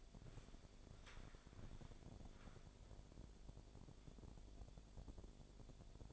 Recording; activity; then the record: daily activity, microphone in the room; walk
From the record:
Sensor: 5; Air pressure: 1000.6 hPa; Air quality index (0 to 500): 134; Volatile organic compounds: 2 ppm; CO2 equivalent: 1047 ppm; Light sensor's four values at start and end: 47/110/45/47 and 47/109/45/47